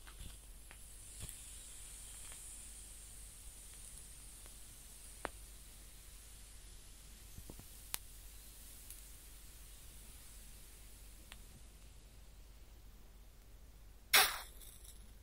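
A close-up burning match gives off a faint, steady high sizzle with sparse, sharp crackles every few seconds. Near the end a sudden loud scratch flares up, like a fresh match being struck, then fades quickly.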